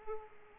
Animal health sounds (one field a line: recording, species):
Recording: mosquito wingbeat signal from an infrared sensor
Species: Aedes aegypti